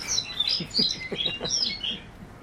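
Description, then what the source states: Lapland Longspur song: quick jingling high notes sliding up and down. Song of male Lapland longspurs, given during the parachute display flight over their territory; likened to a rusty bike chain.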